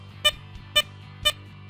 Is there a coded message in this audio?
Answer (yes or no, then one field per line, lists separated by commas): no